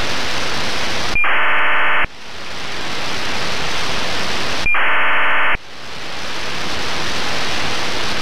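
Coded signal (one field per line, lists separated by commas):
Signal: ACARS aircraft data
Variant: aircraft to ground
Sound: loud hiss broken by two short warbling data bursts, each starting with a brief beep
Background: radio static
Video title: ACARS (Aircraft to Ground Station) decoding with RTL-SDR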